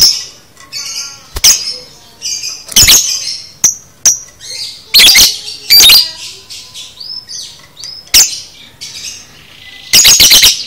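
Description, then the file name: Lovebird chattering: a busy run of shrill, high chirps, squeaks and harsh bursts, some closely clustered, ending in a rapid buzzy rattle. Masteran training for caged lovebirds. "masteran lovebird paud"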